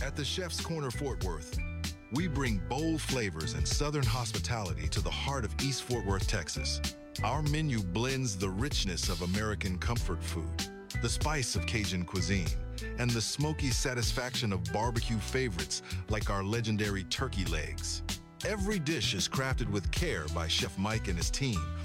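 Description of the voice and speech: A man reads a restaurant advertisement in a steady, fluent, low-pitched voice with clear consonants and only brief pauses between phrases. This is ordinary adult speech, with no sign of a voice or speech disorder. Soft background music plays throughout.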